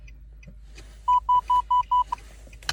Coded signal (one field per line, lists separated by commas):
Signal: none